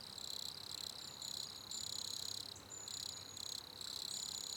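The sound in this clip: Cricket chirping in high, buzzy pulse trains, bursts of rapid pulses repeating with brief gaps throughout.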